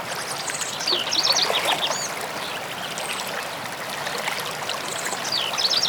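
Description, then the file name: Birds singing bright, twittering phrases in short bursts over a steady rush of flowing stream water. Birds recorded near a stream. "The Sounds of Nature - Birds near stream"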